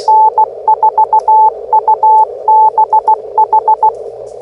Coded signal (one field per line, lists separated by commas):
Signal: Morse code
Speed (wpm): 16 wpm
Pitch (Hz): 870 Hz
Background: none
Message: N4UBH